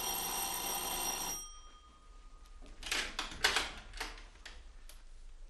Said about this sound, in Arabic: وبعدها باسبوع وانا قاعد لقيت جرس الباب بيضرب.